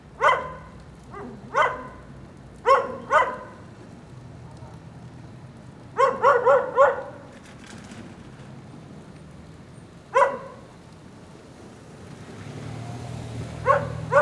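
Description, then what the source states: Dog barking in irregular bursts, single barks and a quick run of four. Lone dog in the rain during a thunderstorm at 9a. Avenida 414, Quezaltenango, Guatemala.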